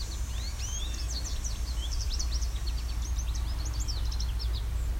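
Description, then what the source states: American goldfinch calls: a rapid, continuous stream of thin, high chirps and twittering notes, some rising and slurred, over a steady low background hum. Several goldfinches, recorded while hiking a trail along the side of a drumlin, a small hill, in Westover, Ontario.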